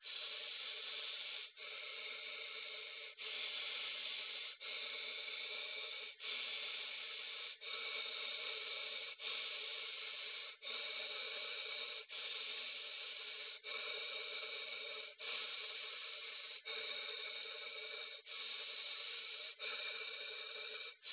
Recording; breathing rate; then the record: paced breathing near a phone; 20 breaths a minute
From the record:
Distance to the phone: 20 cm